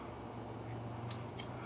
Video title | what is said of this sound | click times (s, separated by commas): Turning Madrone Burl into Gold Bolt Action Pen... PLUS a special announcement! | we've got good function on our bolt locks | 1.4 s